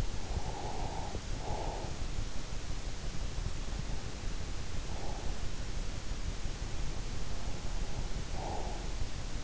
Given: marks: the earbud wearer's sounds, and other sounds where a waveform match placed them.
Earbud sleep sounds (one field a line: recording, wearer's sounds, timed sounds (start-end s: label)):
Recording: sounds in sleep by an in-ear microphone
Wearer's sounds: breath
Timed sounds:
0.15-2.03 s: breath
4.50-5.48 s: breath
7.10-9.44 s: breath